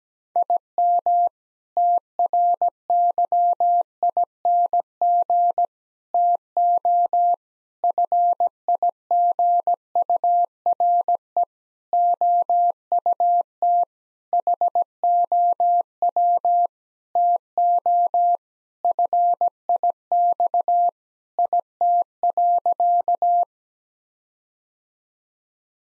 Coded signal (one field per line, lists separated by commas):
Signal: Morse code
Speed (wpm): 17 wpm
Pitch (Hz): 700 Hz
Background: none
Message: IM TRYING TO FIGURE OUT HOW TO FIX IT.